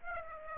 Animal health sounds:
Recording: mosquito wingbeat signal from an infrared sensor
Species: Aedes aegypti

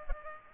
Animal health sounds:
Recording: mosquito wingbeat signal from an infrared sensor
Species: Culex pipiens

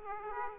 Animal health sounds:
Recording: mosquito wingbeat signal from an infrared sensor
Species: Aedes aegypti

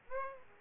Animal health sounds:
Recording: mosquito wingbeat signal from an infrared sensor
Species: Aedes aegypti

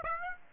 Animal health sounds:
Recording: mosquito wingbeat signal from an infrared sensor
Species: Aedes aegypti

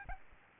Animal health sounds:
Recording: mosquito wingbeat signal from an infrared sensor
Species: Aedes albopictus

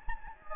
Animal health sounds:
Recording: mosquito wingbeat signal from an infrared sensor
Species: Anopheles gambiae

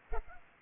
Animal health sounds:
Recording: mosquito wingbeat signal from an infrared sensor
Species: Culex pipiens

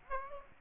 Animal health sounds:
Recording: mosquito wingbeat signal from an infrared sensor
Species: Aedes aegypti

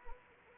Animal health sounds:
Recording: mosquito wingbeat signal from an infrared sensor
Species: Anopheles arabiensis

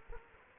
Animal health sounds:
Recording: mosquito wingbeat signal from an infrared sensor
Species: Culex quinquefasciatus

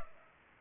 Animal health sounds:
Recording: mosquito wingbeat signal from an infrared sensor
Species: Culex pipiens

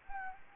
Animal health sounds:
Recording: mosquito wingbeat signal from an infrared sensor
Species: Anopheles gambiae

